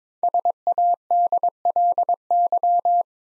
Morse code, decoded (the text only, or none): SADLY